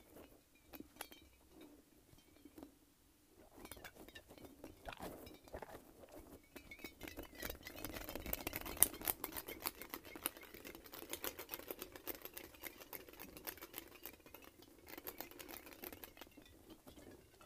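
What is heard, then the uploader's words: A light-up spiky ball gives off a steady low hum with quick clicks and rattling taps on top. The first few seconds are quiet and sparse; from about four seconds the clatter turns dense and fast, loudest near nine seconds. ASMR Light-Up Spiky Ball.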